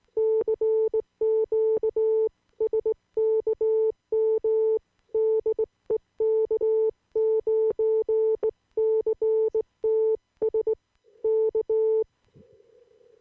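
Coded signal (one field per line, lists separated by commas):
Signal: Morse code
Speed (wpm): 18 wpm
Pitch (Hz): 440 Hz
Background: none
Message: CQ SKM DE K9CTS K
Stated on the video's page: Amateur CW CQ call from Wisconsin.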